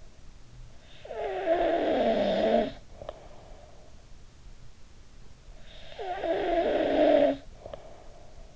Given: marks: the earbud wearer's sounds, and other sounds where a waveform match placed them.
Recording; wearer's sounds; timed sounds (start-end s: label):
sounds in sleep by an in-ear microphone; snoring breath
0.81-4.24 s: snoring breath
5.39-8.55 s: snoring breath